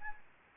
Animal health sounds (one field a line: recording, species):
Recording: mosquito wingbeat signal from an infrared sensor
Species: Anopheles gambiae